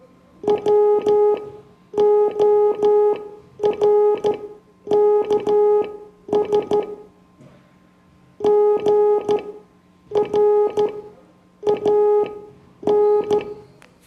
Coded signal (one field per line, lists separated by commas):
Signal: Morse code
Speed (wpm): 13 wpm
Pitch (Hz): 420 Hz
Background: none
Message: WORKS GRAN